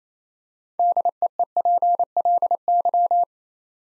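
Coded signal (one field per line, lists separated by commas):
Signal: Morse code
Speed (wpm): 29 wpm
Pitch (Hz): 700 Hz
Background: none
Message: DEEPLY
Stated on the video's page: Practice drill at 28wpm building 6-letter words two letters at a time, for ICR training.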